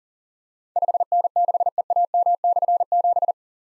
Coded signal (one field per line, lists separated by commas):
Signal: Morse code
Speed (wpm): 43 wpm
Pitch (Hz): 700 Hz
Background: none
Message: 5N6EAM/7